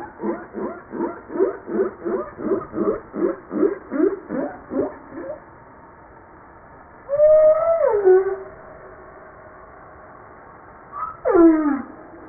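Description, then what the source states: Humpback whale calls: a fast train of pulsed, harmonic grunts for five seconds, then two loud harmonic tones sweeping downward, one long and wavering, one short and steep. From a 2013 JASA publication.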